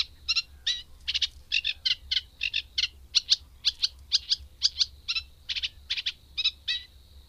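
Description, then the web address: Eurasian reed warbler giving a chattering song of short scratchy notes in quick repeated pairs over a faint background hiss. "Madardalok Cd 3 Cserregő nádiposzáta"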